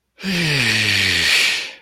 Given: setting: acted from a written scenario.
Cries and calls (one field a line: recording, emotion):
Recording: vocal sound without words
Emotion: ecstasy